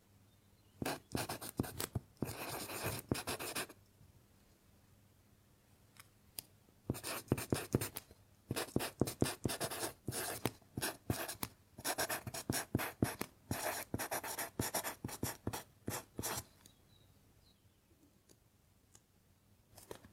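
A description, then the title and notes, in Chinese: A pencil writes on paper with a soft, dry rustle, moving in quick bursts of short scratchy strokes. Writing runs in spurts from about 1 to 4 seconds, 7 to 10, and 11 to 16, with quiet pauses between and a final stroke near the end. 铅笔写字沙沙声。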